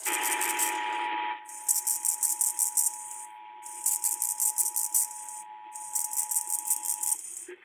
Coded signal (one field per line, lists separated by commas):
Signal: Emergency Alert System (SAME) tones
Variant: 853 and 960 Hz attention tone